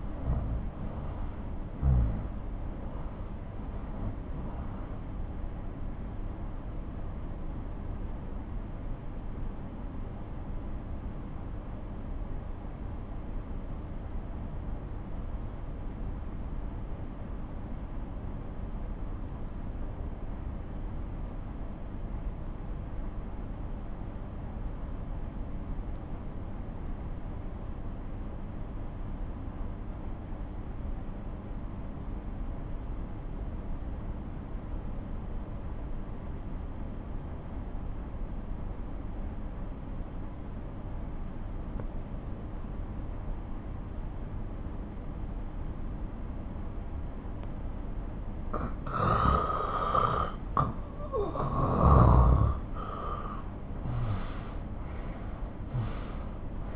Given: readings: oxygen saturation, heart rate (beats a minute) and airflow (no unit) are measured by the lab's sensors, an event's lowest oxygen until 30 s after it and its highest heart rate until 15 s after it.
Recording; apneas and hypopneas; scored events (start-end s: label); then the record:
breathing in sleep by a smartphone at the bedside; 1
4.00-47.80 s: obstructive apnea (N2, oxygen 96% highest, then 87% lowest)
From the record:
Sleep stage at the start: N2 (light sleep); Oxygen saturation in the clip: 85 to 96%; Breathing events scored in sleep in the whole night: 217 in 6.3 hours asleep